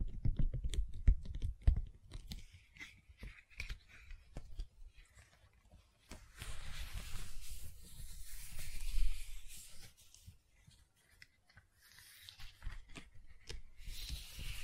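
Gentle silicone sounds: soft squishy clicks and crinkly crunches come in irregular bursts, with low muffled thumps early and a faint hiss between.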